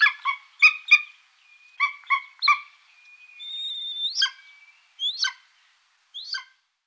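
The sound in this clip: Golden eagle calls in short clusters of harsh yelps, broken by a thin drawn-out whistle, then a few spaced single yelps.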